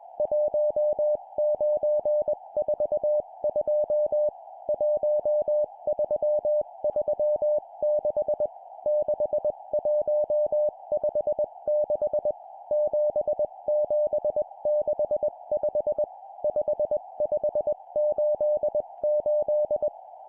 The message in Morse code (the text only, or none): 1942 1336 6156 7765 5588